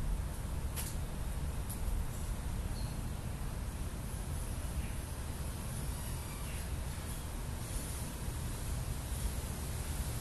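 After rain, a plane's steady low roar fills the background, constant and unchanging across the whole stretch. A dense hiss sits over it, with a few faint, brief high ticks and chirps near the start and scattered later.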